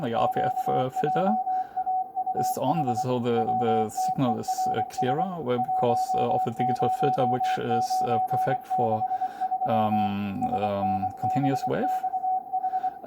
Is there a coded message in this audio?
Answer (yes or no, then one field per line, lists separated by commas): yes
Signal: Morse code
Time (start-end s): 0.2-12.9 s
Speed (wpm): 23 wpm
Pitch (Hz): 750 Hz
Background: speech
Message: QJAUH WTERS 10963 SNBXH